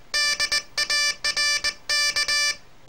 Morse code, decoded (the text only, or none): DARK